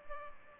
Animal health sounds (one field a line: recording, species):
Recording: mosquito wingbeat signal from an infrared sensor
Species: Culex pipiens